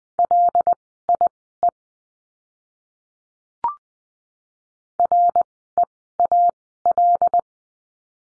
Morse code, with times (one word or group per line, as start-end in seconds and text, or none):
0.2-1.7 LIE
5.0-7.4 REAL